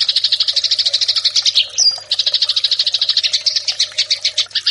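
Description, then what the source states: Eurasian tree sparrow churring rapidly in a continuous run of clipped chirps, broken once by a thin high squeak, with a faint hum in the background. Fighting call, made as a master track for training birds.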